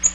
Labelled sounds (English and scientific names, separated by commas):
Bay-breasted Warbler (Setophaga castanea) flight call